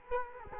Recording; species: mosquito wingbeat signal from an infrared sensor; Culex quinquefasciatus